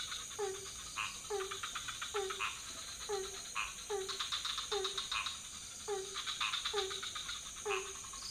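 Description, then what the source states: Frog chorus with a regular drooping note about once a second, mixed with rattling click trains from other frogs and a constant high-pitched drone. Several frog species calling at night in a pond near a hotel in Ubud, Bali, Indonesia; recorded with Sony PCM D50 and Rode NT4 on a boompole.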